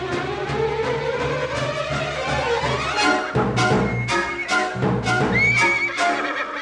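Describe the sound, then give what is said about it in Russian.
In the early morning, several horses grazing on the far bank of a river neigh and whinny loudly, their rising and falling calls overlapping, with sharp percussive thuds like hooves or stamping breaking in during the second half as they take fright and run off. No one speaks. “На другом берегу пасутся лошади.”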